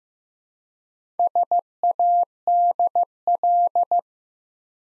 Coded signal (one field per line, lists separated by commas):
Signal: Morse code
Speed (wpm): 15 wpm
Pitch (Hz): 700 Hz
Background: none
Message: SADL